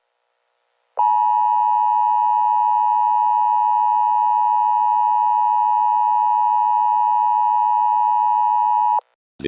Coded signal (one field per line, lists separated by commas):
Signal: Emergency Alert System (SAME) tones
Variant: 853 and 960 Hz attention tone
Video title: National ban of TikTok EAS scenario